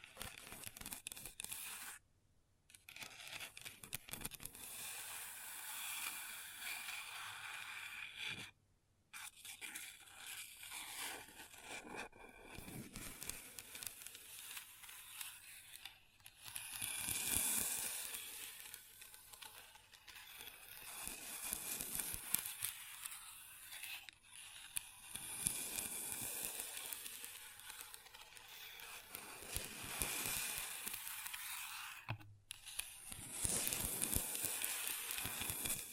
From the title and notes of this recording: ASMR Table Tapping & Scratching with Long Nails (No Talking).